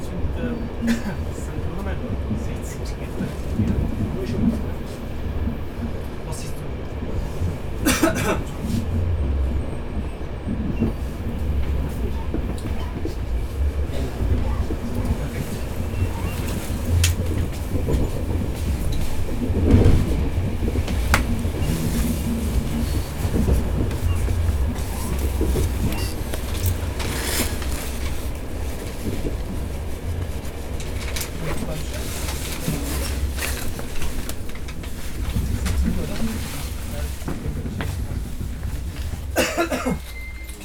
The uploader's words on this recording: Recorded on a train-ride through Vienna.